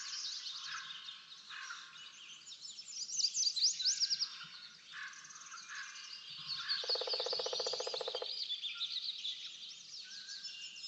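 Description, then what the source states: Bird chirps and twitters over a busy outdoor background, with a strong buzzing burst lasting about a second and a half after the middle. Backyard.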